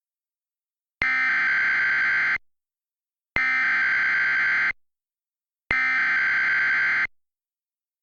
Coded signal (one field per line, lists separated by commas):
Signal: Emergency Alert System (SAME) tones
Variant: header bursts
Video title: Severe Thunderstorm Warning - EAS Mock (with donna!!)